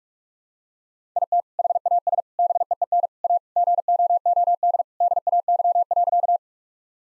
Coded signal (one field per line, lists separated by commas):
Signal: Morse code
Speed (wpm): 46 wpm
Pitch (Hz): 700 Hz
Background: none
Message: IT HAS BEEN A GOOD DAY.